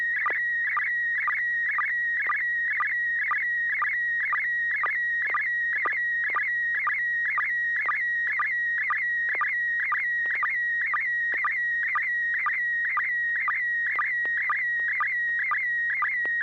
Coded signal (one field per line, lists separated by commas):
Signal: SSTV (slow-scan television)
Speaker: yeah looks like a rotator to me uh disassembled on Joel's bench